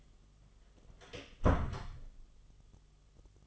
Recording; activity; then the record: daily activity, microphone in the room; close door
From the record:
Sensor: 4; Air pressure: 1005.8 hPa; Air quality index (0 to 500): 91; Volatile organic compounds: 2 ppm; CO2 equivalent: 1132 ppm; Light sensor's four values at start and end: 13/28/11/10 and 13/30/12/11